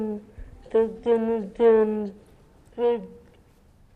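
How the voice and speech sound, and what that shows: A young girl born deaf voices a few short, high-pitched syllables with drawn-out vowels and weak, blurred consonants, separated by pauses; no words are intelligible. This was about the best spoken language a deaf child could achieve 30 years ago, before modern hearing technology.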